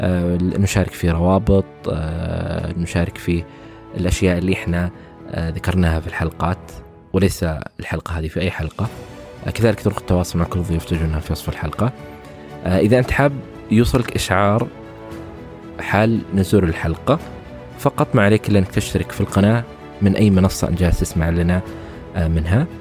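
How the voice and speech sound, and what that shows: A man speaks Gulf Arabic in a low, steady voice at a relaxed conversational pace, with short pauses between phrases and occasional filler sounds. Speech is fluent and clear, with no repetitions, blocks or voice strain: ordinary adult speech.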